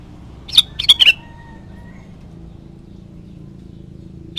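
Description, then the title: Sooty-headed bulbul giving a quick series of three bright chirped notes, followed by a faint thin whistle and then mostly hum. "Kutilang"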